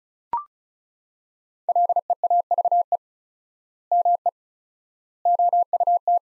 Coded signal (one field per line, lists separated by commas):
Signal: Morse code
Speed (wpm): 36 wpm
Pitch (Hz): 700 Hz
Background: none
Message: LEAVE ME OUT